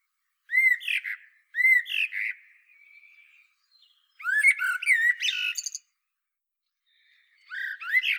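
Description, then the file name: Common blackbird song of several phrases, each a low fluty warble with squeaky high twitters, separated by pauses. "Turdus merula"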